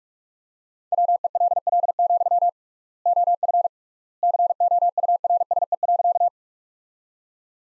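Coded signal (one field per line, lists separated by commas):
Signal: Morse code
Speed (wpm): 44 wpm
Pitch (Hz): 700 Hz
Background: none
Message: WELL, OF COURSE.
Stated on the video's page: Morse practice sentences built from the top 500 words, sent at 45 wpm with 3x standard word spacing, similar to Farnsworth.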